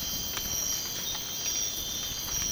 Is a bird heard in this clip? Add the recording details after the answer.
no. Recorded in dense forest near Puerto Asís, Putumayo, Colombia, on 19 March 2025 at 04:30. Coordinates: 0.500, -76.322. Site GP06